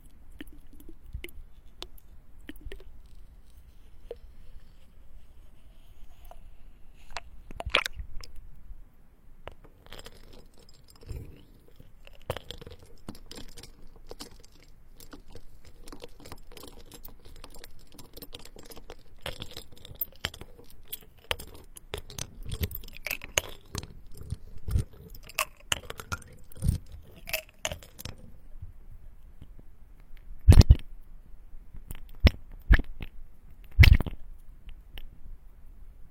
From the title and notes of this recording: The soulful sensory spa experience of ice and water.